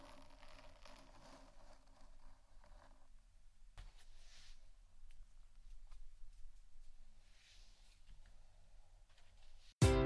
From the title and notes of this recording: ASMR Textures Scratching & Tapping (No Talking).